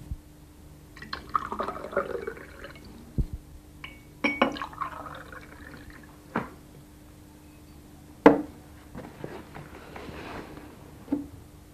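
Liquid splashes and gurgles into a glass in short bursts, broken by sharp clinks and taps, with a low steady hum beneath and no talking.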